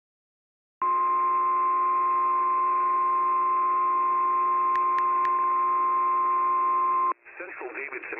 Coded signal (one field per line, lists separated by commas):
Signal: Emergency Alert System (SAME) tones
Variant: 1050 Hz attention tone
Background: speech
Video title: TORNADIC NIGHTMARE II: NASHVILLE'S TOR CHAOS... EAS Alerts from 12/9/23 (EAS #3,293 - 3,336)